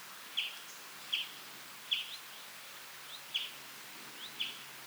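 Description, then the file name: European greenfinch repeating short high chip notes at uneven intervals, over a quiet hissing background. "Chloris chloris 190325"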